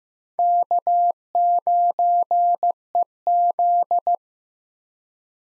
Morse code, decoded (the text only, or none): K9EZ